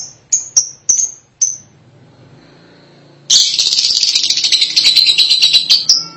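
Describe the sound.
Lovebird squeaks: a few sharp high notes, a quiet gap, then a sustained burst of rapid, harsh chattering.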